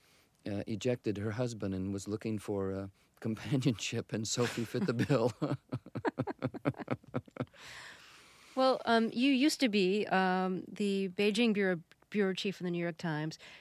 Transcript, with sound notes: just ejected her husband and was looking for companionship, and Sophie fit the bill.
(LAUGHTER)
Well, you used to be the Beijing bureau chief for "The New York Times,"